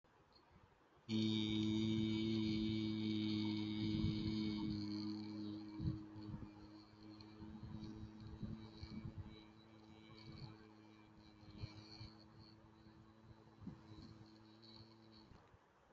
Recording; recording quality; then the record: sustained vowel as in beet; excellent, no background noise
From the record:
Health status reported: respiratory illness, not identified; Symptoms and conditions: none ticked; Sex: male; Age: 36 years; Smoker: yes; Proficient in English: yes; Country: India